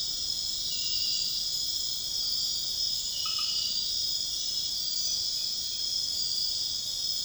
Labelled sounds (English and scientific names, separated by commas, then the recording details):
none
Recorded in dense forest near Puerto Asís, Putumayo, Colombia, on 19 February 2024 at 00:30
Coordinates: 0.502, -76.324
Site G6370